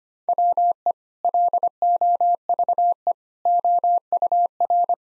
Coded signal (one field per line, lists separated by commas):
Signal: Morse code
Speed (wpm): 25 wpm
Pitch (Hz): 700 Hz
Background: none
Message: WE LOVE OUR